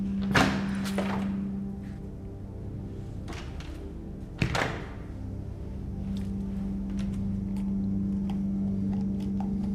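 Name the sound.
door being closed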